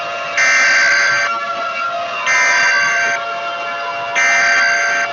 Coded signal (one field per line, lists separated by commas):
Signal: Emergency Alert System (SAME) tones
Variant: header bursts